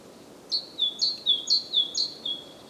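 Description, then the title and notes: Great tit song, a clear two-note phrase repeated four times, each higher note falling to a lower drawn-out note, steady and loud against quiet background. Głodówka, Žilina Region, Slovakia; recorded with a Zoom F3 recorder and Usi Pro microphones. "Głodówka, Kraj żyliński, Słowacja - Great voice of a great tit. Recordist: Maciej Wirmański"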